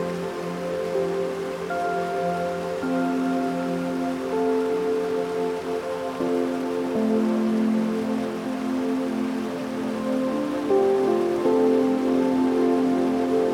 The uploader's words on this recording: Echoes Of A Wonderful Waterfall & Relaxing Music. Picture a cascading waterfall descending with a graceful power, sending glistening droplets into the air.